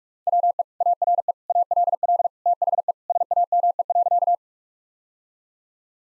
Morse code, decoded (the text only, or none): WE ARE ALL THE SAME.